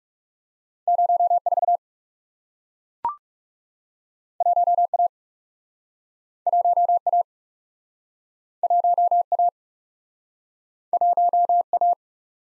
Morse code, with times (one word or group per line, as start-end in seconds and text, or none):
0.9-1.4 0
1.5-1.8 4
4.4-4.9 1
4.9-5.1 A
6.5-7.0 1
7.1-7.2 A
8.6-9.2 1
9.3-9.5 A
10.9-11.6 1
11.7-11.9 A